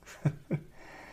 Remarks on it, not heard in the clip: My French bulldog, Bruno, snoring in the background, softly, sometimes loudly, sometimes in a way that feels overbearing. He lets me know that he's comfortable when he's relaxed and snor.